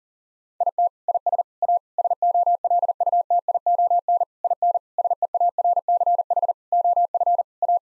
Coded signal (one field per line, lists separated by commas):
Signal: Morse code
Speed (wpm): 40 wpm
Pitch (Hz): 700 Hz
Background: none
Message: IT IS A SOLUTION IN SEARCH OF A